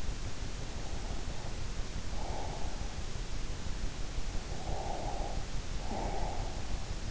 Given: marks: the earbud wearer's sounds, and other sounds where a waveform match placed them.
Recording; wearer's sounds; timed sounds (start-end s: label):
sounds in sleep by an in-ear microphone; breath
0.86-2.84 s: breath
4.49-6.49 s: breath